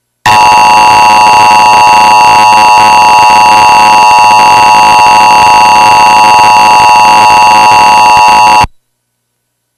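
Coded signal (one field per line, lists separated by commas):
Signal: Emergency Alert System (SAME) tones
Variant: 853 and 960 Hz attention tone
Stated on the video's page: Alert made in KineMaster, not a real broadcast.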